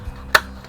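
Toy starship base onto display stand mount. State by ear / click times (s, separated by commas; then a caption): seated / 0.3 s. A 1995 Playmates Star Trek The Movie Collection U.S.S. Excelsior NCC-2000 electronic plastic toy starship is slid by its base onto a display stand mount. A sharp, bright snap is heard at 0.4 s, followed by a much fainter tick near 0.6 s, and the starship is locked into place on the stand.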